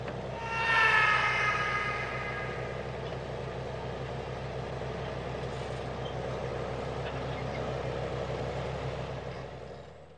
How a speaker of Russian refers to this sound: Он затряс головой, зажмурил глаза и услышал, как зарычал двигатель внутри ожившей стальной глыбы.